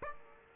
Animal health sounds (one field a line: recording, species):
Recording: mosquito wingbeat signal from an infrared sensor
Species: Aedes aegypti